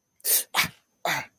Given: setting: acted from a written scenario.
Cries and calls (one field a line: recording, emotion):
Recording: vocal sound without words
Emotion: pain